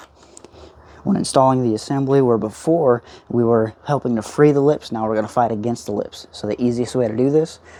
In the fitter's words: and just slide it around the back and then push it till you hear it click.